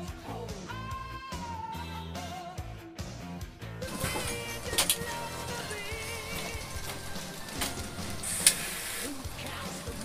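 Music with sustained tones and rhythmic hits plays throughout, growing denser and brighter after four seconds, with a sharp clank near eight and a half seconds.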